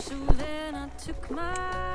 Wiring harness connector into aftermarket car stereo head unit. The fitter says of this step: here I heard a snap